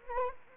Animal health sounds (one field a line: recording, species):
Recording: mosquito wingbeat signal from an infrared sensor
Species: Anopheles gambiae